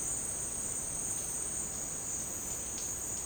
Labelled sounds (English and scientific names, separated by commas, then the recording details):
none
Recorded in secondary vegetation near Puerto Asís, Putumayo, Colombia, on 29 June 2025 at 12:00
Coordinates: 0.484, -76.319
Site G074